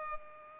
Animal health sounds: mosquito wingbeat signal from an infrared sensor; Culex pipiens

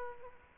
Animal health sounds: mosquito wingbeat signal from an infrared sensor; Aedes aegypti

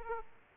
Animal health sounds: mosquito wingbeat signal from an infrared sensor; Aedes aegypti

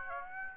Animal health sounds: mosquito wingbeat signal from an infrared sensor; Aedes aegypti

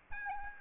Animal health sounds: mosquito wingbeat signal from an infrared sensor; Aedes albopictus

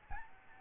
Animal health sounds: mosquito wingbeat signal from an infrared sensor; Aedes albopictus

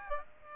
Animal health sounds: mosquito wingbeat signal from an infrared sensor; Aedes aegypti

